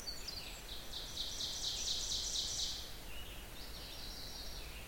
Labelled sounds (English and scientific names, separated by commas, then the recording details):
Ovenbird (Seiurus aurocapilla) song
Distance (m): 55 m
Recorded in boreal forest in Alberta, Canada, on 16 June 2016 at 05:26
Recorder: SongMeter 3, array SBT-3-32
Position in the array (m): 136 m, 57 m
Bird 36